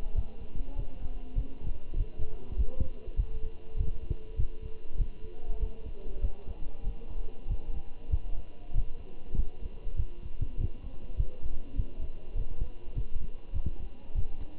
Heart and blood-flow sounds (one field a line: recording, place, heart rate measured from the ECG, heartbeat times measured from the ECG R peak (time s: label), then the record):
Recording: heart sounds by stethoscope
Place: between the tricuspid and mitral areas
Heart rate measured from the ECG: 99 bpm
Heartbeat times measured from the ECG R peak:
0.15 s: heartbeat
0.77 s: heartbeat
1.36 s: heartbeat
1.97 s: heartbeat
2.58 s: heartbeat
3.17 s: heartbeat
3.77 s: heartbeat
4.37 s: heartbeat
4.98 s: heartbeat
5.60 s: heartbeat
6.22 s: heartbeat
6.85 s: heartbeat
7.48 s: heartbeat
8.11 s: heartbeat
8.74 s: heartbeat
9.37 s: heartbeat
9.97 s: heartbeat
10.58 s: heartbeat
11.17 s: heartbeat
11.76 s: heartbeat
12.36 s: heartbeat
12.95 s: heartbeat
13.54 s: heartbeat
14.15 s: heartbeat
From the record:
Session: walking at 3.7 km/h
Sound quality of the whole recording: good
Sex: male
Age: 23 years